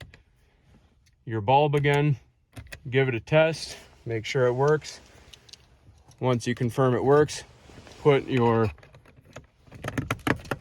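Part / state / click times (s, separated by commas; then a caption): plastic dome light lens into the interior roof light housing / seated / 10.1 s, 10.3 s. Someone talks while a plastic interior dome light lens on a Chevy Equinox is pressed back onto its interior roof light housing after the bulb is replaced. Sharp snaps come at 10.1 s and 10.3 s as the lens clicks into place and is seated.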